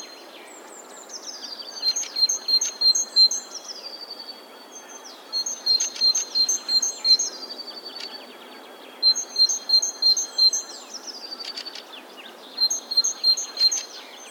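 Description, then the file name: Great tit song in four regular bouts, each a fast series of clear alternating high and lower notes, with brief clicks and faint calls between bouts. "Parus major"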